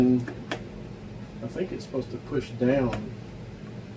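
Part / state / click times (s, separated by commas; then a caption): printer component into its mount on a 3D printer / not seated / none. A component of a Bambu Lab X2D 3D printer is handled above its mount while someone talks, with two brief sharp handling sounds near 0.3 and 0.5 s. The part has not been pushed down into its seat yet, and nothing has seated or clicked yet.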